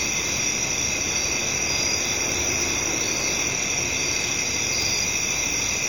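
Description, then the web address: Continuous high cricket chirring at an even level, with a steady low traffic roar in the background. Residential area at night, crickets with traffic in the background. "Residential Night Time Crickets,traffic In Bg, Ambience. Sound Ideas Series 2000"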